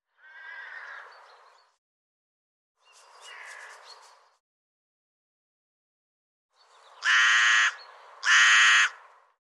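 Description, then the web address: Bird giving four harsh, raspy calls, the first two softer and the last two louder, separated by silences. "cianscape birddata"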